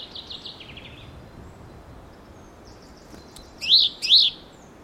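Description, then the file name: Great tit uttering one pair of loud arched chirps near the end, after faint trilled notes early on. "Parus major"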